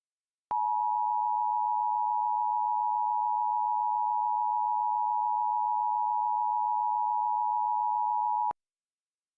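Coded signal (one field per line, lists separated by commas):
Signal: Emergency Alert System (SAME) tones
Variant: 853 and 960 Hz attention tone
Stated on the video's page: Fictional EAS scenario using valid EAS tones.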